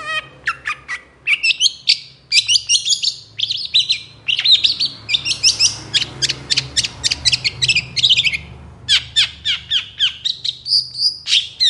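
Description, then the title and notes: Long-tailed shrike song, a long busy series of sharp clicking chirps and brief whistles, fast and varied, with a short pause late on; low hum behind. Morning song of a strongly singing cendet, varied 'toet toet' notes, played as a lure to prompt reluctant, stalled or stressed cendet birds to start singing. "Cendet Gacor Dor Di Kala Pagi Toet Toet Variasi Suara. PANCINGAN CENDET MALAS BUNYI CENDET MACET CENDET STRESS. Burung cendet"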